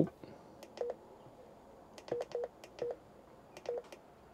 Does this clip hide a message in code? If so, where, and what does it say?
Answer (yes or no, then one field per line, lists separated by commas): no